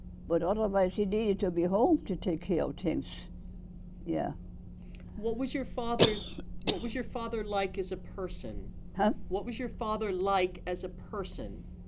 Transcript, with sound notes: But otherwise he needed to be home to take care of things, yeah.
What was your father's... (Coughs) What was your father like as a person?
Huh?
What was your father like as a person,